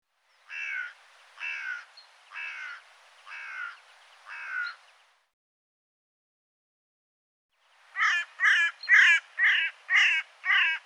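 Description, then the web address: Bird calling with harsh, hoarse caws, five spaced notes then a faster burst of six louder caws after a pause. "cianscape birddata Deverinetal 2025 File cleaned normalized Bird"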